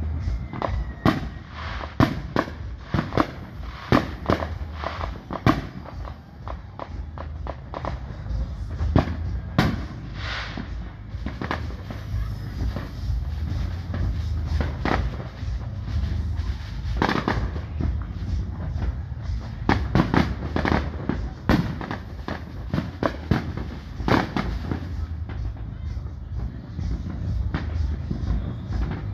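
Fourth of July fireworks crackle and pop in rapid, irregular bursts, sharp cracks arriving several times a second through the whole stretch. A steady low rumble runs underneath, with a few louder clusters of bangs around nine to ten and twenty seconds.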